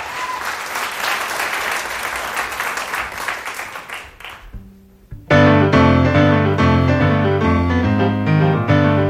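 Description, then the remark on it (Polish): A concert audience applauds itself with dense, steady clapping for about four seconds, then the applause thins out and fades before loud music with sustained tones abruptly begins. “Brawo dla państwa.”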